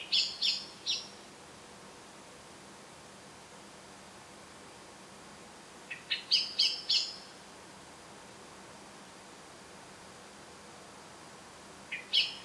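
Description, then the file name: Common blackbird calls, three short clusters of quick, high, clipped notes spaced several seconds apart, with quiet hiss in between. "Turdus merula"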